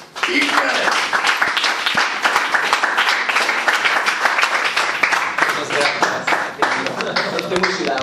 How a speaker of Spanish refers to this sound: Y ya, pues ya he desvelado quién es, así que pido un fuertísimo aplauso para